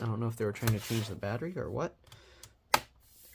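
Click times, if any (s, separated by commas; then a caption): 2.7 s. Someone talks for the first two seconds, then after a few faint ticks an internal component or connector is pressed into a Dell Inspiron 5515 laptop, possibly near the battery. It seats with a sharp, loud click at 2.7 s.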